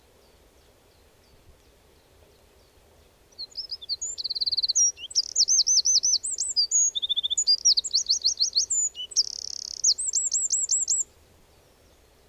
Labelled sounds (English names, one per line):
Eurasian Wren song